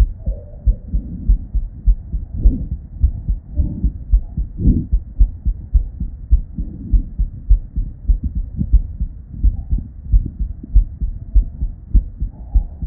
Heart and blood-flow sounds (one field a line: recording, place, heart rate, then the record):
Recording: heart sounds by stethoscope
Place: Erb's point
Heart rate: 100 bpm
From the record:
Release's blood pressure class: normal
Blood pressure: 109/65 mmHg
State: at rest